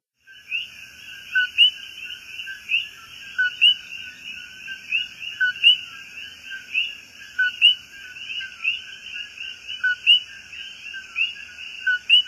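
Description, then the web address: Puerto Rican coqui chorus, dense overlapping calls with louder calls standing out irregularly. "Songs of Frogs Toads of North America. Puerto Rican Coqui"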